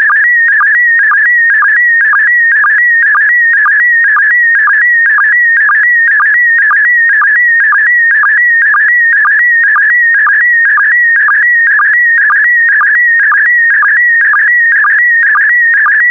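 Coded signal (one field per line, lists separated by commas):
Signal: SSTV (slow-scan television)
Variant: PD120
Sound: warbling high tone with a rhythmic chirping dip about twice per second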